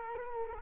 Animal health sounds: mosquito wingbeat signal from an infrared sensor; Culex quinquefasciatus

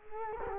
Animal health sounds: mosquito wingbeat signal from an infrared sensor; Culex quinquefasciatus

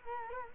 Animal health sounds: mosquito wingbeat signal from an infrared sensor; Culex quinquefasciatus

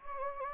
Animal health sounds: mosquito wingbeat signal from an infrared sensor; Anopheles gambiae

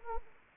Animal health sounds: mosquito wingbeat signal from an infrared sensor; Anopheles arabiensis

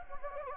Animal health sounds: mosquito wingbeat signal from an infrared sensor; Anopheles gambiae

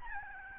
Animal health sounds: mosquito wingbeat signal from an infrared sensor; Aedes albopictus

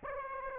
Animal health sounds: mosquito wingbeat signal from an infrared sensor; Aedes aegypti

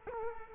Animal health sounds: mosquito wingbeat signal from an infrared sensor; Culex quinquefasciatus

